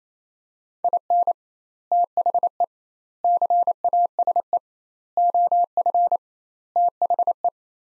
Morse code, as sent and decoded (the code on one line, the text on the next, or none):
.. -. / - .... . / -.-. .- ... . / --- ..-. / - .... .
IN THE CASE OF THE